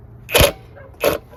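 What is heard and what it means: A driver turns a Torx-head through-bolt on the carburetor mount of a Ryobi weed trimmer engine during a Hipa carburetor replacement, and the bit slips in the bolt head. A sharp, broadband scraping slip hits at 0.4 s, and a second, similar burst follows around 1.0–1.1 s. The Torx bolt head is stripped.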